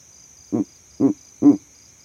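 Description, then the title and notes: Verreaux's eagle owl giving three deep, grunting hoots about half a second apart over a steady high insect hum. Male advertising his territory at night from a tree in savanna; captured by an overnight recording rig set up in that same tree. "Owl Calling In The Savanna. This Verreaux's eagle owl advertised his territory from the exact tree that I set up my overnight sound recording rig in"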